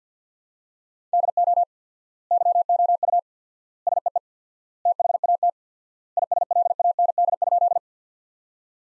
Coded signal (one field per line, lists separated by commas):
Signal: Morse code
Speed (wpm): 48 wpm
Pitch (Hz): 700 Hz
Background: none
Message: DO YOU SEE THAT ISLAND?